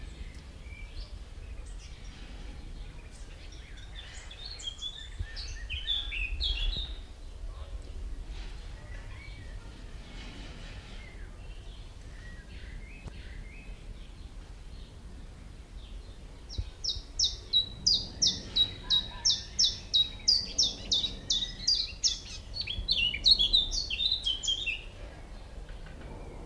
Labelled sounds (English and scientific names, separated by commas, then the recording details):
Common Chiffchaff (Phylloscopus collybita) song
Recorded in the wild
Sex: male
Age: adult
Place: Lübars (Fließtal), Berlin, DE
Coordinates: 52.6175, 13.3625
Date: 1998-05-10 19:00
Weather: fair, 25°C
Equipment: Sony MD-WM MZ-R3, Sennheiser MKH 416 T, Kopie Uher 4000 Report Monitor
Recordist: Tembrock, Günter